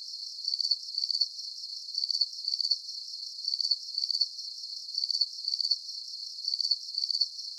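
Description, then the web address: Insect chirps, shrill and pulsing, grouped in twos and threes with short gaps, the rhythm holding steady throughout. Night-time background of insect chirping. "Sound Effects-SFXBible Insect-Chirping-Bed-Background-Night"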